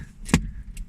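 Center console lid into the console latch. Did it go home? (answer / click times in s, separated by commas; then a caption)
no / none. In a junkyard car, the center console lid is brought down onto the console, making a brief knock around 0.3 seconds with a stronger thud at about 0.3 seconds, then a faint, thin tick near 0.8 seconds. Nothing catches or clicks into place: the lid does not latch because the mating latch piece is missing.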